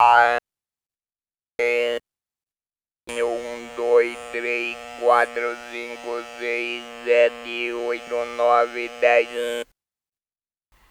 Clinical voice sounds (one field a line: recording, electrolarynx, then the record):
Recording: speech with an electrolarynx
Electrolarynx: modified device, with random pitch perturbation and pitch set by sex and age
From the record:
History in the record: total laryngectomy